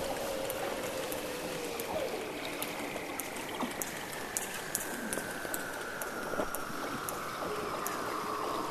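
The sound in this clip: Weddell seal underwater calls, with long gliding whistles slowly falling in pitch, a lower descending sweep, and frequent short clicks and pops throughout.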